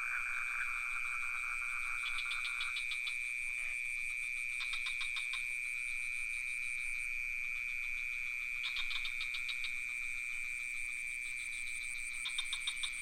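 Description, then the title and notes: Unbroken cricket whine carries across, interrupted by loud bursts of rapid rattling frog calls recurring every few seconds. Recorded near a pond in Ubud with some frogs calling; Sony PCM D50 recorder with Rode NT4 microphone. "Crickets and frogs in Ubud. Recorded near the pond in Ubud. Sublime frequencies of crickets and some frogs"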